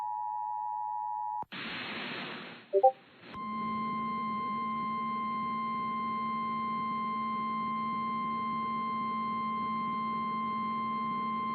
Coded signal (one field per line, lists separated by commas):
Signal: Emergency Alert System (SAME) tones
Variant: 853 and 960 Hz attention tone